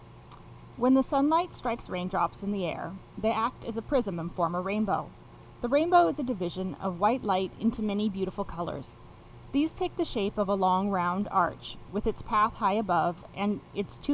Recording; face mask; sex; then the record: reading aloud; none; female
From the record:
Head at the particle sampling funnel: facing it